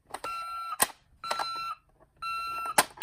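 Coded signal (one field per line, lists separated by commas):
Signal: none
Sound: toy ambulance's beeps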